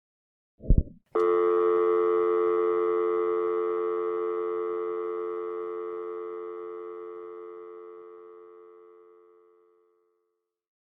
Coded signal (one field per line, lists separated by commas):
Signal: telephone call progress tone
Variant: North America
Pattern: dial tone